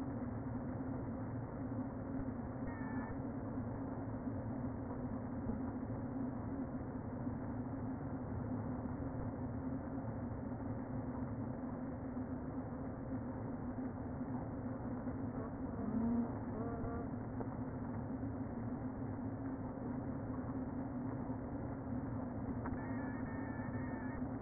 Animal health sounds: honeybee colony, microphone inside the hive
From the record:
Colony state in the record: queen present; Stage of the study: before two queens were removed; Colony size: about 60,000 bees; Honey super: yes

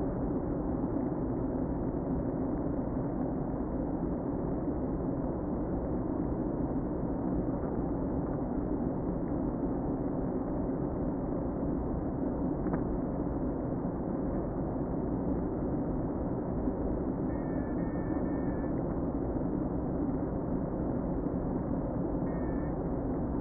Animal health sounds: honeybee colony, microphone inside the hive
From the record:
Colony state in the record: queen present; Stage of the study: before two queens were removed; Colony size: about 60,000 bees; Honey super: yes

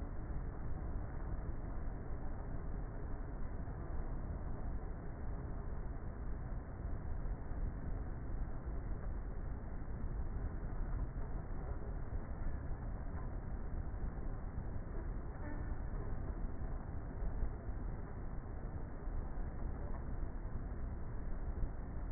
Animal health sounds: honeybee colony, microphone inside the hive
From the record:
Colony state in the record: queenless with a low population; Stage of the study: before two queens were removed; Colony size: about 30,000 bees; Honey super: no

